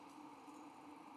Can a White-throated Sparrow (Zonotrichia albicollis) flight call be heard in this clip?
no